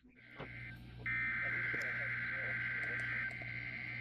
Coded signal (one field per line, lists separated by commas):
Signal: Emergency Alert System (SAME) tones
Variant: header bursts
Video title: Ruskin, Memphis and Nashville Weeklies (and FL Monthly) (1/21/26) (New EAS 944-949)